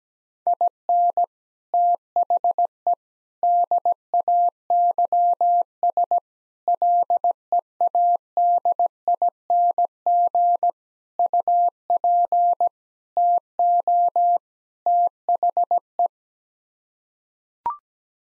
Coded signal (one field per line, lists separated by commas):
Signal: Morse code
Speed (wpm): 17 wpm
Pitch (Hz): 700 Hz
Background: none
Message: IN THE DAYS LEADING UP TO THE